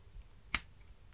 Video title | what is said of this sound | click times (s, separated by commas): Micro Galaxy Squadron Rare! Shadow V-Wing Starfighter - Star Wars Unboxing | that snaps into place nicely so it's kind of going to sit a little bit awkwardly | 0.5 s